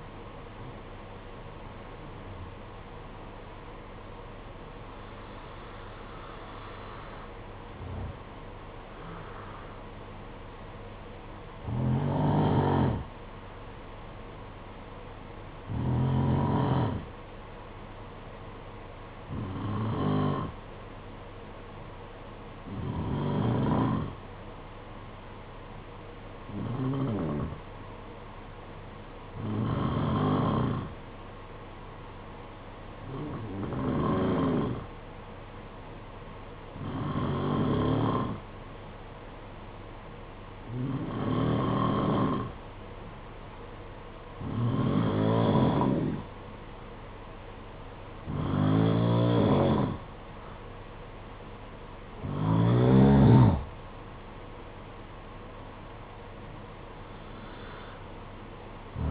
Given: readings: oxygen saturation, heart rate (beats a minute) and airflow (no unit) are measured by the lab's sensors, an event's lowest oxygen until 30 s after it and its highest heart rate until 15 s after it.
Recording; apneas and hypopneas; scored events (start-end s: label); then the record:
breathing in sleep by a voice recorder at the bedside; 1
18.00-51.00 s: hypopnea (N2, oxygen 95% highest, then 90% lowest, heart rate 55 at the start, 63 highest)
From the record:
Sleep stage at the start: N2 (light sleep); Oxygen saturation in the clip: 89 to 95%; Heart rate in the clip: 55 to 64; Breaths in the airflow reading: 16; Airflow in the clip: -11.9 to 8.4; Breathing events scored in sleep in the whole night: 476 in 9.7 hours asleep